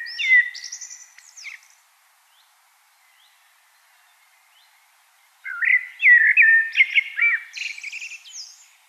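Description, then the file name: Common blackbird song: a short phrase ending in high squeaks, a pause of several seconds, then a longer run of mellow looping whistles and twittering. "Turdus merula"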